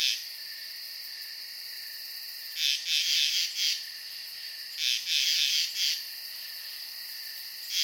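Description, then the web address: Insects keep up a constant high buzzing drone, broken by two louder clusters of rapid trilling chirps a couple of seconds apart. Night ambience of insects. "sound-effects-bible Night Insects Frogs"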